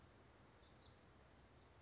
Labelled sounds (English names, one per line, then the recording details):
Western Flycatcher
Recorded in Sonoma County, California